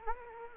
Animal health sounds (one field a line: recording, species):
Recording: mosquito wingbeat signal from an infrared sensor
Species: Anopheles gambiae